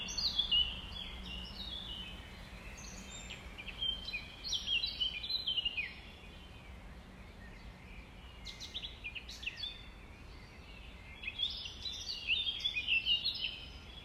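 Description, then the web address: Nightingale song: bursts of quick, varied chirps and whistled trills, with pauses between phrases. Recorded at dawn on 5 May 2020, around 05:33. "20200505-053342. 2020 05 06 nightingales"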